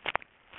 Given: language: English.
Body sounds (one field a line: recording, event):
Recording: throat vibration sensor signal played as sound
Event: swallow